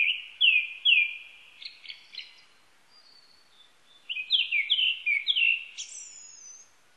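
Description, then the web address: Japanese thrush song: clear whistled phrases repeated about every half second, a pause with softer notes, then another run of whistles ending in a high thin note. Recorded 19 April 1998. "1998 980419 kurotugumi"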